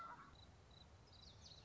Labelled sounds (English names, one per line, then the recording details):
Common Yellowthroat
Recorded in Sonoma County, California